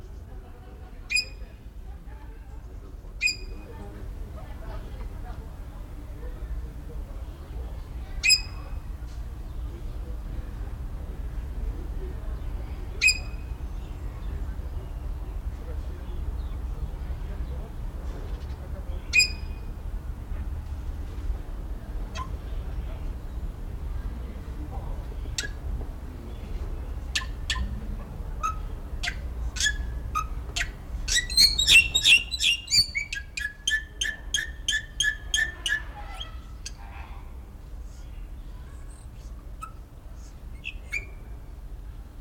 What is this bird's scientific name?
Leucopsar rothschildi